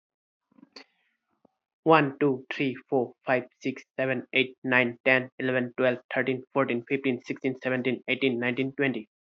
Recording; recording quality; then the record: counting at a fast pace; moderate, slight background noise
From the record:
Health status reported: healthy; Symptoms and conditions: none ticked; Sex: male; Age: 28 years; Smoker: not ticked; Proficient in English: yes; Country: India